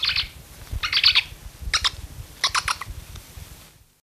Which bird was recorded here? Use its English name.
Spectacled Owl